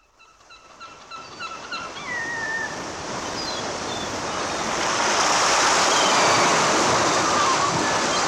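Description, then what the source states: Gulls calling: a rapid series of short, nasal, repeated notes, then a longer drawn-out downslurred cry, before the steady roar of breaking waves rises and covers everything. Seagulls heard at the seaside with waves breaking.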